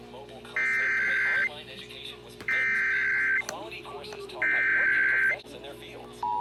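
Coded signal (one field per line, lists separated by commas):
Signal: Emergency Alert System (SAME) tones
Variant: header bursts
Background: speech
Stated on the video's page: Los Angeles Required Monthly Test.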